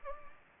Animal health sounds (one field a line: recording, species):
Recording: mosquito wingbeat signal from an infrared sensor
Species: Anopheles gambiae